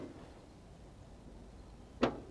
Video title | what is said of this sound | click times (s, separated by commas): Top-of-the-line in 1969 - The 1969 Cadillac Eldorado Was GM Design At Its Best | push now and then you'll hear it latch and click and then you'll hear a couple more clicks and watch it | 2.0 s